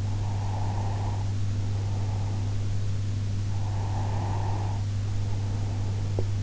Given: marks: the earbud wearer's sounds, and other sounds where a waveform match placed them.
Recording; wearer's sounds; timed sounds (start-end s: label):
sounds in sleep by an in-ear microphone; breath
0.09-2.69 s: breath
3.58-6.01 s: breath